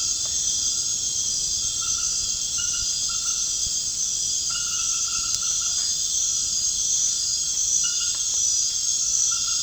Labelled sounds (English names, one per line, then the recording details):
none
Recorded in pastures near Puerto Asís, Putumayo, Colombia, on 30 June 2025 at 19:30
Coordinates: 0.466, -76.322
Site GP07